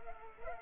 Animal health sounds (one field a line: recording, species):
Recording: mosquito wingbeat signal from an infrared sensor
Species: Culex pipiens